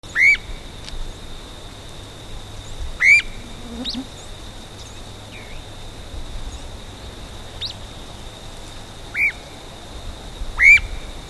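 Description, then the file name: Streamer-tailed tyrant calls: sharp, high chevron-shaped notes repeated at irregular intervals, over a steady high-pitched tone and low rumbling background. "Gubernetesyetapa"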